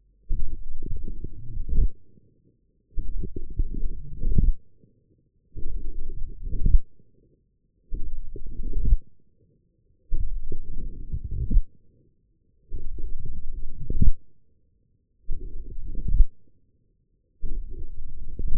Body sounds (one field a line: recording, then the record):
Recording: forearm muscle sounds (acoustic myography)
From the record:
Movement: forearm supination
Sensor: system 1, eight BSWA MPA416 microphones around the upper forearm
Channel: 5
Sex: male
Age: 20 years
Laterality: left